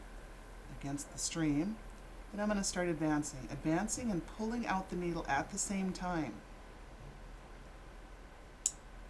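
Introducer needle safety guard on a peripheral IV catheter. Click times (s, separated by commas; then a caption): 8.7 s. Someone talks while a plastic peripheral IV catheter is advanced into the vein and the metal introducer needle is pulled back out of it at the same time. After a quiet pause, a single sharp click at 8.7 s marks the needle's safety shield locking into place.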